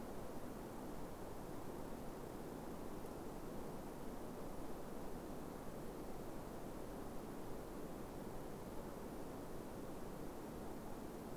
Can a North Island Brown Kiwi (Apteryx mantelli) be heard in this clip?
no